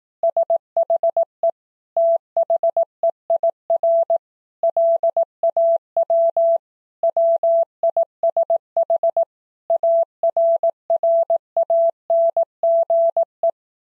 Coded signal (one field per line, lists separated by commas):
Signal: Morse code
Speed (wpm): 18 wpm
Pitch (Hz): 670 Hz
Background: none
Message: SHE THEIR LAW WISH ARRANGE